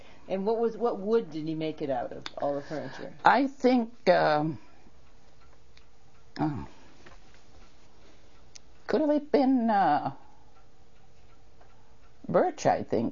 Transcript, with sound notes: And what was - what wood did he make it out of - all the furniture?
I think (long pause) could've it been birch I think.